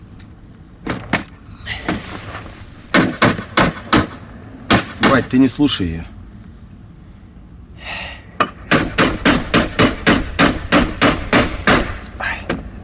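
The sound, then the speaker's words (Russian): Outdoors on a street, a man repairing a wooden bench strikes it with sharp hammer blows in uneven bursts, then settles into a long, steady run of loud knocks. A voice speaks briefly during a pause in the hammering. “Отец кладет молоток на скамейку, встает с колен.”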